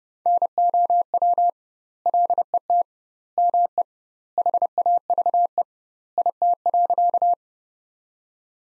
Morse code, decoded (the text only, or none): NOW LET ME HAVE IT.